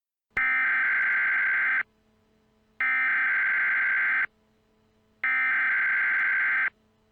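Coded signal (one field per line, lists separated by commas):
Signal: Emergency Alert System (SAME) tones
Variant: header bursts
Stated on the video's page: Fictional EAS scenario made for fun; the SAME tones may or may not be valid, but are assumed valid.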